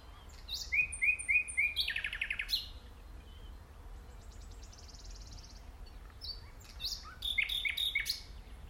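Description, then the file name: Common nightingale song: a run of repeated notes leading into a harsh buzzy trill, then a later phrase of varied sharp chirps after a pause. "Luscinia megarhynchos"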